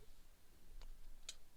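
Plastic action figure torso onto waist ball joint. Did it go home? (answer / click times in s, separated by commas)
yes / 1.3 s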